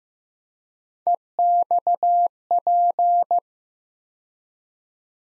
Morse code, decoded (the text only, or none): EXP